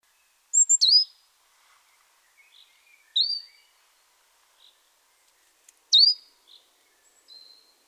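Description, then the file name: Great tit giving a few sharp, descending call notes roughly every two and a half seconds, with faint softer chirps between. "Parus major"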